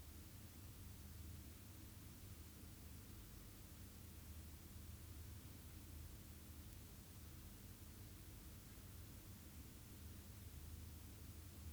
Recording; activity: daily activity, guitar pickup as the sensor; stand